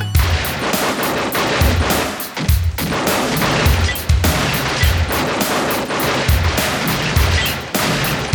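Loud, continuous gunfire crackles in dense rapid bursts for several seconds, with heavy low thuds recurring in a steady rhythm underneath and brief gaps between volleys.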